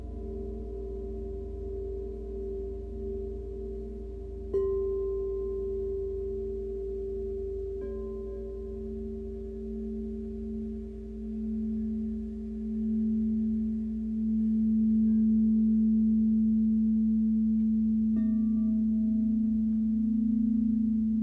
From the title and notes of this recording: Gong ,chimes ,crystal bowls healing meditation for times of change.